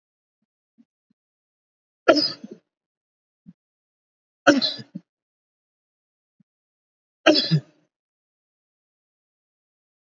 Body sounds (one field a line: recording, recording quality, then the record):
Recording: heavy voluntary cough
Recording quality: excellent, no background noise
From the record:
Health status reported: recovered from COVID-19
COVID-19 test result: negative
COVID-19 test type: RT-PCR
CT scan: not taken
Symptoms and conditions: none ticked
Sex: male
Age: 48 years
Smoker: no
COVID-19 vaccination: both doses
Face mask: not worn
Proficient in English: no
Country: India